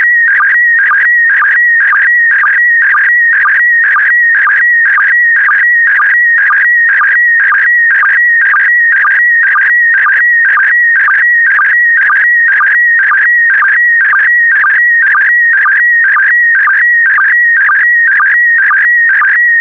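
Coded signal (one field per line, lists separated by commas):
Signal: SSTV (slow-scan television)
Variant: PD120 mode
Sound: steady warbling tone with rapid pitch changes and a short low chirp twice each second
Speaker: transmission complete you can now check your decoded image against the picture that is shown on the video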